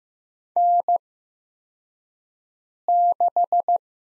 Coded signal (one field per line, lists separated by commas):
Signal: Morse code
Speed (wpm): 15 wpm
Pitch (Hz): 700 Hz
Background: none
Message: N6